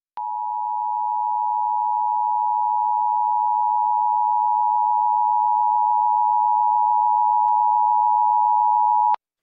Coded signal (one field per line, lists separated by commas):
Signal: Emergency Alert System (SAME) tones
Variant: 853 and 960 Hz attention tone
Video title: EAS Illinois Required Monthly Test WCRX-FM Chicago, IL +WeatherSTAR4000 (September 2020)